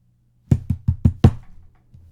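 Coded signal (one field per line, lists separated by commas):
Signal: talking drum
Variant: Akan atumpan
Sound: five quick low booming drum strokes, then a faint sixth stroke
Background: low hum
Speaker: are you today we could this talking sound it mimics the vocal ranges as someone is speaking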